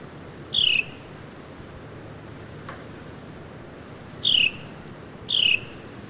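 Carolina wren calling, three short descending notes: one early, then two close together after a long quiet gap, over soft background hiss.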